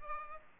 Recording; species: mosquito wingbeat signal from an infrared sensor; Culex pipiens